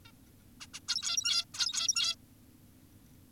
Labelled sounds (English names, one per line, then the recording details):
Zebra Finch
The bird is an adult
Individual g17y2U